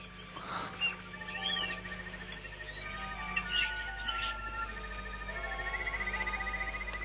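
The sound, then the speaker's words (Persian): Thin, high chirps and short tweets from a small bird repeat irregularly over a steady low hum, with a brief sharper burst near the start and a faint trilling run toward the end. “حالا هم کارم شده حرف زدن با پرنده ای مثل اون.”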